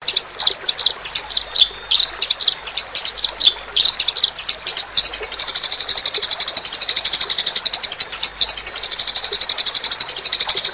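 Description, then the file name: Eurasian tree sparrow chattering in uneven high chirps at first, settling into a fast, steady stream of notes. Sparrows fighting. "omkicau com gereja tarung"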